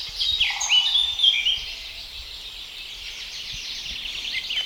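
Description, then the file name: Eurasian blackcap song: a quick burst of varied, high warbled notes during the first two seconds, then a faint continuous hiss with soft chirps behind it. "Sylvia atricapilla"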